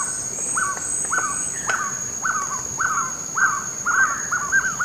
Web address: Natures Songs S America Eastern Lowlands Trogon violaceus, duet